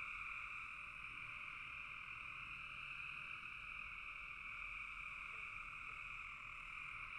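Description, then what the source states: Frog: steady chorus of many frogs, a bright unbroken trill in two tones, with faint lower notes popping up around the fifth and sixth seconds. Frogs calling in a bog.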